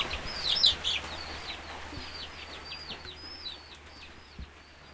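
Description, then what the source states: Chicks giving a stream of thin, high peeps that slide downward, busiest at first and then thinning out, over a steady soft background hiss. Chicks recorded on a rainy day at La Guayubira, Uruguay, in 2018, using a Zoom H4n recorder.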